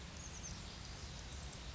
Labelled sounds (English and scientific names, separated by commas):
Oak Titmouse (Baeolophus inornatus)